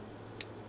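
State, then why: Seated. A folding knife's blade is closed into the handle, and the detent catches it with a sharp, bright click at 0.4 s over a low steady hum. The click is a nice positive one, and the blade seats in the closed detent.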